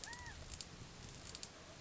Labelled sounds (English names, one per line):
California Quail